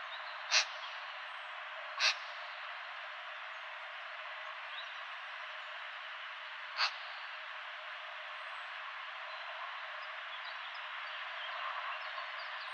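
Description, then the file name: Eurasian magpie giving three short, harsh, rasping notes, two close together near the start and one several seconds later, over a steady hiss of background noise. "Pica pica"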